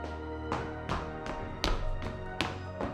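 Clattering footsteps on stairs, apparently someone coming down: about seven hard knocking steps in an uneven rhythm, each sharp and fairly loud, heard alone with a steady low hum beneath.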